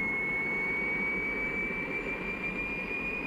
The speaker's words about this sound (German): föhnt sich der Teufel die Haare.